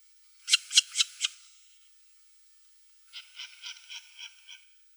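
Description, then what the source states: Short-eared owl giving raspy pulsed sounds: four loud rasping bursts in quick succession, then after a gap a softer run of about six wheezy pulses. Owl hissing.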